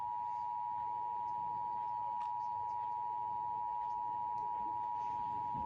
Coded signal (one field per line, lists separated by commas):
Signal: Emergency Alert System (SAME) tones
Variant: 853 and 960 Hz attention tone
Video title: Pennsylvania Required monthly test ￼January 2025 EAS#6-#10 ￼￼￼